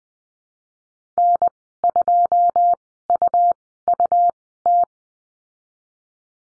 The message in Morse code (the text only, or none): N2UUT